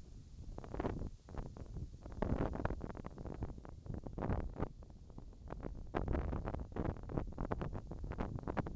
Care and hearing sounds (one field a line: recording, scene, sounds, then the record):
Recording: everyday scene through a hearing-aid microphone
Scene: wind on the microphone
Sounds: wind, whistling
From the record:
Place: in front of a rural house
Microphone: in the ear canal, left